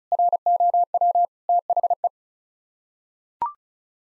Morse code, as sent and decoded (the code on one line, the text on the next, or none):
.-. --- .-- / - .... .
ROW THE